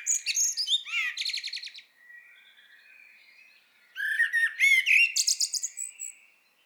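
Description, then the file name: Common blackbird warbling phrase with rapid repeated buzzy notes, quiet for about two seconds, then a second twittering phrase with sharp high slurs. "Turdus merula"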